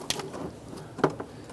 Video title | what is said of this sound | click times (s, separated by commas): How to Replace Vapor Canister Purge Solenoid Valve 1999-2004 Jeep Grand Cherokee | you should feel it and hear it snap into place and then push that red lock down | 0.1 s